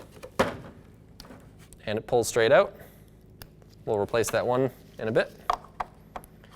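Someone talks while handling the plastic bulb socket at the tail light housing of a 2007–2012 Nissan Altima, whose 194 bulb pulls straight out; the socket is meant to be pushed back in and turned 90 degrees to twist-lock. Short, sharp handling knocks and ticks sound between the words. Nothing has seated or clicked yet.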